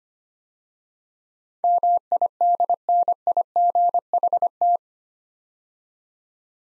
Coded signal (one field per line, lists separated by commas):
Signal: Morse code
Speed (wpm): 25 wpm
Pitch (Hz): 700 Hz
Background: none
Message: MIDNIGHT